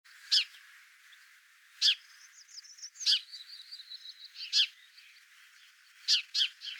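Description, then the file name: House sparrow chirping, loud sharp chirps spaced one to two seconds apart, a quick double chirp near the end, and softer twittering in between. "Passer domesticus"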